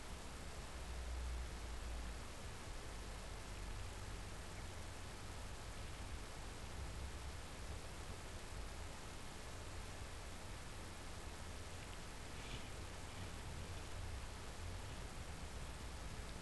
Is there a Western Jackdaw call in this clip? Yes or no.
no